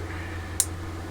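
A plastic waist/lower-body part from a Bandai MG Wing Gundam Zero EW model kit is pressed onto its upper mount and snaps into place. A single sharp, bright click is heard at 0.6 s over a steady low hum, and the part is seated.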